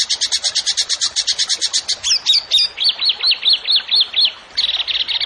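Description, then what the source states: Bird song opens with rapid repeated high notes, breaks into a jumble of chirps, then gives several clear whistled notes before a quick trill. Songbird singing actively (gacor) in 'tembakan' style, for training songbirds (masteran).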